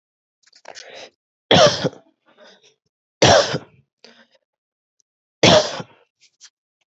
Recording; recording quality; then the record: shallow voluntary cough; excellent, no background noise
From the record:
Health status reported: healthy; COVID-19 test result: negative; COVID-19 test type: RT-PCR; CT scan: not taken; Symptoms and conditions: cold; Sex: male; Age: 28 years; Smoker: no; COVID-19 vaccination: none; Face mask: not worn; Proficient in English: yes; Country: India